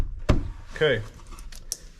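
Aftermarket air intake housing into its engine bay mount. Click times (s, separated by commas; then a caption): 0.3 s. After several failed tries, an aftermarket K&N air intake housing is pressed down into its engine bay mount on a 2021 Ford Bronco and seats with one sharp knock-like snap at 0.3 s. Someone talks briefly, and a few lighter taps and clicks follow. The intake housing is now sitting in place.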